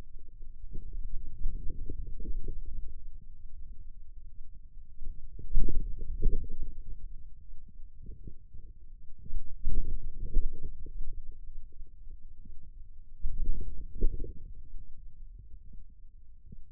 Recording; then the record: forearm muscle sounds (acoustic myography)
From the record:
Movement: outward rotation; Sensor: system 2, bracelet of six BSWA MPA416 microphones around the upper forearm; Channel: 2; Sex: male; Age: 22 years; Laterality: right